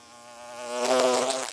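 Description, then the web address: Bee buzzing as it flies by, a droning hum growing louder and peaking before cutting off, lasting under two seconds. Flying by. "Blast Wave Update 1 Bee Fly By"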